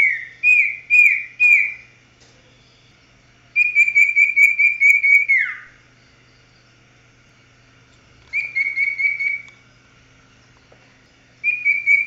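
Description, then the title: Oriental magpie-robin singing pulsed, warbled whistles in several bursts, one phrase ending in a steep downward slide, with a quiet steady hum beneath. "Kicau Kacer"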